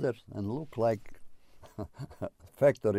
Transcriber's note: he laughs